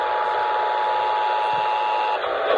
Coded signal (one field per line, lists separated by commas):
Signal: Emergency Alert System (SAME) tones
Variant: 853 and 960 Hz attention tone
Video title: YOU ARE ALSO OF ONE WARNINGS... EAS Alerts From 1/9/26 - 1/10/26 (EAS#5,080 - 5,090)